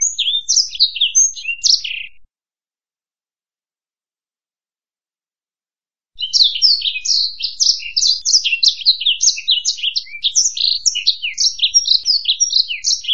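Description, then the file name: Black-throated canary song: two bursts of high, rapid twittering notes separated by a four-second silence, the second burst long and varied, background otherwise quiet. "suara burung blackthroat"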